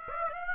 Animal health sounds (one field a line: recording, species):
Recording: mosquito wingbeat signal from an infrared sensor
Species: Aedes aegypti